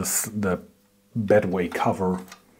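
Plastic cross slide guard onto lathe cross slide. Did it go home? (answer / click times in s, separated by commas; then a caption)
no / none. A first-iteration 3D-printed PLA cross slide guard (bedway cover) is handled onto the cross slide of a Weiler Primus lathe while someone talks. Nothing has seated or clicked yet, and there is a brief quiet pause between the stretches of speech.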